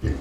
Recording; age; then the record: pig call; growing-finishing pig (85 days or more)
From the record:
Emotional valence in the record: negative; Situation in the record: barren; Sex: female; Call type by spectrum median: low-frequency call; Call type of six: low-frequency stable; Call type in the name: low-frequency stable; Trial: 4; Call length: 0.21 s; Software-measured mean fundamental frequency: 41 Hz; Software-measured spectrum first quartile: 81 Hz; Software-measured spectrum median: 162 Hz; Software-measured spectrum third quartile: 416 Hz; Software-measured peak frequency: 83 Hz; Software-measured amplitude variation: 219 dB a second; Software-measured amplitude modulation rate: 16.5 a second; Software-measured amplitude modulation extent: 13.3 dB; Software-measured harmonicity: -1.0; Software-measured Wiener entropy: -0.58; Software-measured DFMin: 882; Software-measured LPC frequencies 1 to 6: 305, 1798, 2656, 4109, 4775, 5684 Hz